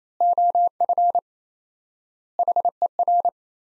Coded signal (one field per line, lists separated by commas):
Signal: Morse code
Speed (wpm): 27 wpm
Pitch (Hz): 700 Hz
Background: none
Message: OF HER